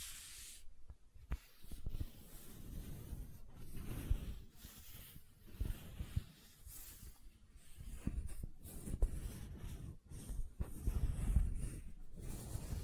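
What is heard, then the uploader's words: Soft silicone sounds made by gentle handling, with bursts of squishing and rubbing that come and go every second or so. The texture is a hissy, crackly friction with some low thumps, broken by brief quiet gaps throughout. ASMR Gentle Silicon Sounds for Sleep (No Talking).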